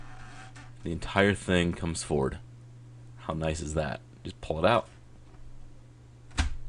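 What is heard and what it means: Someone talks while the plastic paper chute cover of a Fujitsu ScanSnap S300 portable document scanner is pulled out and forward toward its open position, with a brief sharp handling noise near 6.3 s. Nothing has snapped or seated into place yet.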